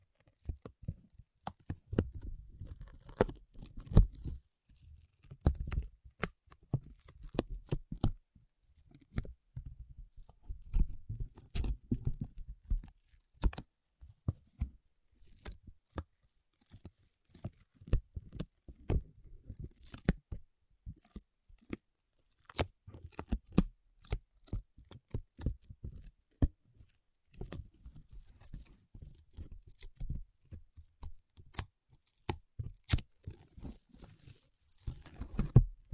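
Paraffin wax is peeled, tapped and scratched in an irregular run of short, dry clicks, snaps and tearing crackles lasting the whole 36 seconds. Sharp individual taps stand out every second or so, with thicker, denser bursts of scraping around 2–4, 11–13 and 35 seconds.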